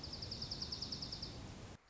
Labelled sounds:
Dark-eyed Junco
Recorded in Sonoma County, California

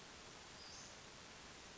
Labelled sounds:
Western Flycatcher
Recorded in Sonoma County, California

